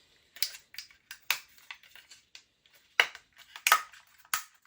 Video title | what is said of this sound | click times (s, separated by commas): UGears Harry Potter™ Hogwarts™ Express Assembly Instructions Video by Ukidz LLC - UGears US | they should snap right in. There we go. | 1.3 s, 3.0 s, 3.7 s, 4.3 s